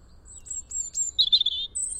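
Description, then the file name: European robin phrase: a few very high thin whistles, a brief rich warbled trill in the middle, then another high whistle, with soft background hiss. "Erithacus rubecula"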